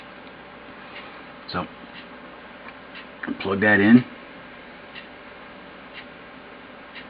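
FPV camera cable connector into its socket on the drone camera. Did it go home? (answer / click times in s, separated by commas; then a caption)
no / none. A small FPV camera cable connector is handled at its socket on the drone camera during a drone build, with faint regular ticks in the background and a short handling noise near 1.5 s. Someone talks briefly around 3.3 to 4.1 s. The clip ends before the connector goes home, so nothing has seated or clicked yet.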